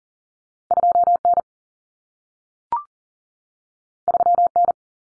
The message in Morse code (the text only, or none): 2N 3N